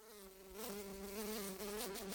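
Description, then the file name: Fly wing buzz, a droning hum with a wavering pitch, louder from about half a second on. "la grosse mouche"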